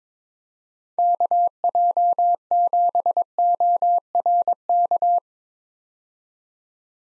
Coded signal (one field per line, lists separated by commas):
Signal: Morse code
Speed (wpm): 22 wpm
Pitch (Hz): 700 Hz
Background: none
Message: KJ7ORK